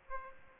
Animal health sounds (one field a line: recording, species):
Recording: mosquito wingbeat signal from an infrared sensor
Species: Aedes aegypti